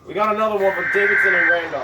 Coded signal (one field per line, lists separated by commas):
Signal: Emergency Alert System (SAME) tones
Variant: header bursts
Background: speech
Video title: EXPECT THE UNEXPECTED...PART 2... EAS Alerts from 8/7/19 (EAS # 3,099 - 3,105)